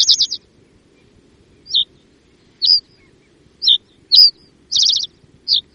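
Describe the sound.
Common reed bunting giving high, thin descending calls, with short trilled bursts at the start and near the end, separated by quiet gaps.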